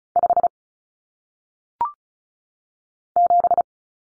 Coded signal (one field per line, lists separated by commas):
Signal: Morse code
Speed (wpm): 35 wpm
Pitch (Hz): 700 Hz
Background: none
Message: 5 7